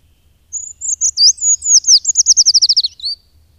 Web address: agykontroll Madardalok Cd 1. Hegyi fakusz